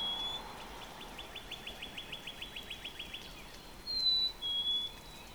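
Northern Cardinal song: a quick run of many soft, downslurred notes, followed by two short, clear high whistles over a steady background hiss.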